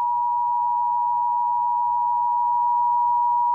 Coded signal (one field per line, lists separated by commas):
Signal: Emergency Alert System (SAME) tones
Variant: 853 and 960 Hz attention tone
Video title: EAS Severe Thunderstorm Warning on NJTV (EAS #161)